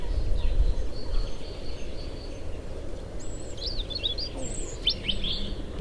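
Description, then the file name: European robin song: faint at first, then high, thin twittering and sliding whistled notes in the final three seconds, over a steady low rumble. "Erithacus rubecula"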